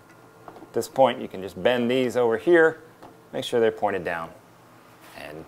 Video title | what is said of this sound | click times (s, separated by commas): HOW TO: Set Up a Fluval EVO Aquarium | then take your flow deflector push hard and it will snap right into place | 0.5 s